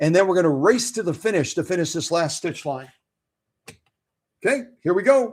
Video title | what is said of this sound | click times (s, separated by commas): FOR SALE - Original Owner Viking Husqvarna Model 6430..A Treasure full of Love & Memories!! | So, I'm going to push that bobin winder assembly in on the right side of the machine. You'll hear a soft click | 3.7 s